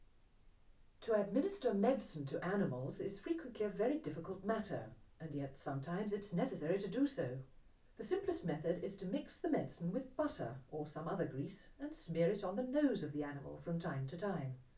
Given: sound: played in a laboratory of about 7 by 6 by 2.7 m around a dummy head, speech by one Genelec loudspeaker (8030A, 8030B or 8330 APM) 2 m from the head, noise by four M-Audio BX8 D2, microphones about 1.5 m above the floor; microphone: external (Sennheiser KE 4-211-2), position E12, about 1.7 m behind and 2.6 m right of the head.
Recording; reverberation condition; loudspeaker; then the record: female speech in English; low; 120 degrees to the left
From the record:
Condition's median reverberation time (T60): about 310 ms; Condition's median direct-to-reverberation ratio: about 3.5 dB